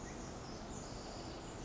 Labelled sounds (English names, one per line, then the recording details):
Pacific Wren
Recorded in Sonoma County, California